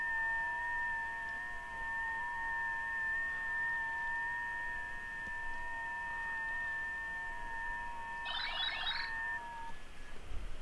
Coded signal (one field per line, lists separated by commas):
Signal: FT8